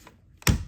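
An LED sequential turn signal module for a Ford Focus is tapped into the plastic side mirror housing. A faint tap comes first, then it seats with a sharp click at 0.5 s that rings briefly. The module is seated nice and tight.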